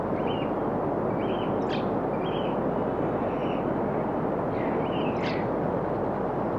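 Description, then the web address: Bird calls, short nasal notes repeated at regular intervals, with two sharper squeals, over a steady heavy rushing noise. On a rocky shoreline. "Dr Sound Effects. Birds On a Rocky Shoreline"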